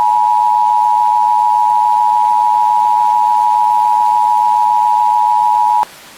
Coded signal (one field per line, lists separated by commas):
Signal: Emergency Alert System (SAME) tones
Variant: 853 and 960 Hz attention tone